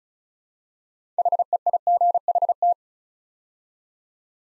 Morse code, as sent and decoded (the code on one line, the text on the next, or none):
.... . .. --. .... -
HEIGHT